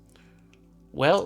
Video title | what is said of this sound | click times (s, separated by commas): Wuben X1 Pro - Big Light, Big Lumens! | this little knot right here sits down inside there and was causing me some troubles getting those to click in securely. | none